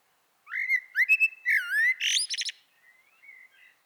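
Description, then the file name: Eurasian blackbird giving one song phrase: slurred mellow whistles that rise and fall, then a quick run of high squeaky notes and a soft trailing warble. "Turdus merula"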